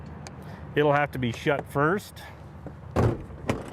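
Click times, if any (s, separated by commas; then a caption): 3.5 s. Someone talks as the right-hand (passenger) rear tack door of a 2024 Cimarron Norstar 5 Horse Gooseneck Living Quarters trailer with air ride is shut, because the door's internal two-point locking mechanism has to be closed first. A short broadband rush near 3.0 s is followed by a sharp hit at 3.5 s as the two-point latch engages in the door frame and the door locks into place.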